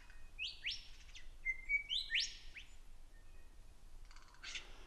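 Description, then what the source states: Lyrebird song with loud, ringing whistles, a level whistle between them, then a short buzzy rattle. Male singing in the morning in an Australian gum tree forest.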